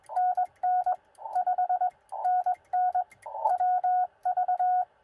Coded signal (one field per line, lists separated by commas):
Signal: Morse code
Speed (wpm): 20 wpm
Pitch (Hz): 730 Hz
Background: radio noise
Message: NN 5NN WV